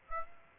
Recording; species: mosquito wingbeat signal from an infrared sensor; Aedes aegypti